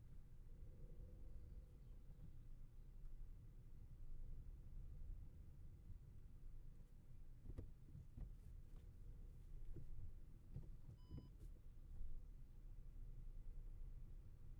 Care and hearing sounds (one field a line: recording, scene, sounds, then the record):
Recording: everyday scene through a hearing-aid microphone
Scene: in a vehicle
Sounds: engine, rumble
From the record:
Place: Skoda Fabia, gasoline engine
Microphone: behind the ear, left, front